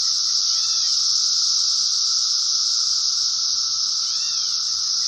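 Cicadas fill the recording with an unbroken shrill buzzing and constant whine, broken only by two faint curved chirps near the start and end.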